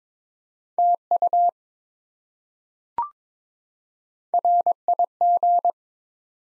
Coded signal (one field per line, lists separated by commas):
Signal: Morse code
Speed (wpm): 22 wpm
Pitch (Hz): 700 Hz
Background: none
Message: TU RIG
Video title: Top 20 QSO Elements 22wpm